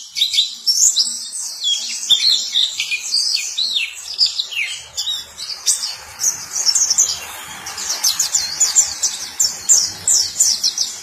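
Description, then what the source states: White-eye song: lively, high-pitched warbling of quick slurred notes and chirps that continues throughout. Long, melodious song.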